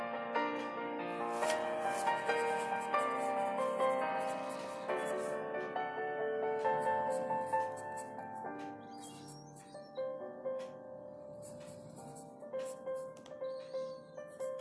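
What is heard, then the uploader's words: Kpop piano music plays throughout, with sustained notes and ringing chords that keep a fairly even level, easing slightly after about ten seconds. Short, crisp pencil ticks and scratches sit on top, growing more frequent and distinct in the second half. It was actually 4:30 or so in the morning when I recorded this.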